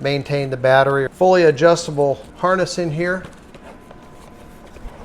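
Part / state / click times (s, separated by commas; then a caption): welding helmet hood on its headgear pivot detent / seated / 3.6 s, 3.9 s. Someone talks for about three seconds, then a welding helmet's hood is flipped up on its headgear pivot. Its ratchet detent clicks at 3.6 s and 3.9 s, and the hood stays held in the raised position.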